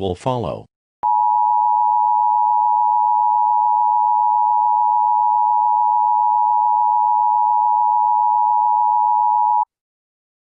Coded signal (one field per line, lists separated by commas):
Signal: Emergency Alert System (SAME) tones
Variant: 853 and 960 Hz attention tone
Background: speech